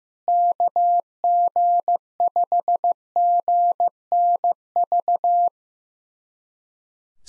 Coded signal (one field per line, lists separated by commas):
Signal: Morse code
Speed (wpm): 16 wpm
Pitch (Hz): 700 Hz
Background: none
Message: KG5GNV